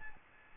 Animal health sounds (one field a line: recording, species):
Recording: mosquito wingbeat signal from an infrared sensor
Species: Aedes albopictus